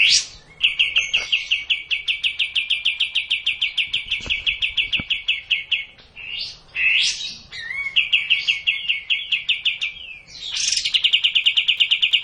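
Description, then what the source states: Cililin song: long, rapid, buzzy trills of repeated notes near one pitch, broken by sharp rising whistled notes, then trilling again. Song in the kapas tembak style.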